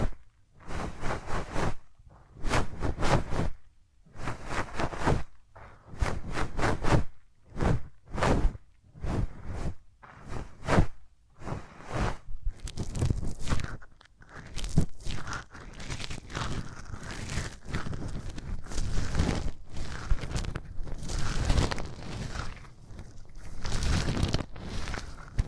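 Hands rub over ears with dry, rustling, crunchy strokes. For the first dozen seconds the rubs come as separate quick swipes with short silences between them; after that the rubbing turns nearly continuous and denser, with soft thumps underneath. There is no talking.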